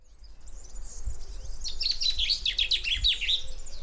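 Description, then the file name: Common chaffinch delivers a brisk falling trill of crisp, high notes lasting about two seconds, with faint thumps and low rumble beneath. "Fringilla coelebs"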